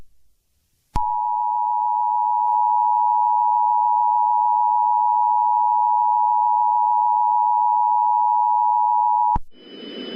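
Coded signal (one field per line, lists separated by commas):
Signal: Emergency Alert System (SAME) tones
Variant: 853 and 960 Hz attention tone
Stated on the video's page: Fictional EAS scenario based on a historic cold-front event, not a real alert.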